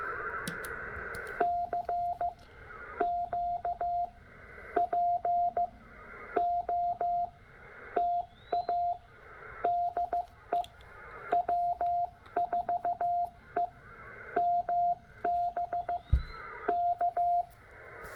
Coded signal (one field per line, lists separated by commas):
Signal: Morse code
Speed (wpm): 15 wpm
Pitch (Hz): 700 Hz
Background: radio noise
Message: CQ POTA DE W4EMB K